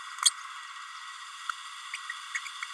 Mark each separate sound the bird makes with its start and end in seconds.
0.25-0.30, 1.93-1.97, 2.34-2.39